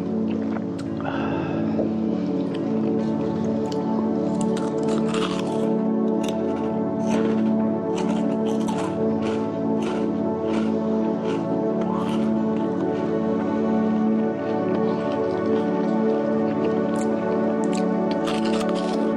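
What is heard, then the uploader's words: Someone eats Burger Rings, with short crisp crunches and clicks scattered irregularly across the whole clip, some in quick clusters. A steady low hum with layered droning tones runs underneath the entire time at an even loudness. ASMR - Eating Burger Rings.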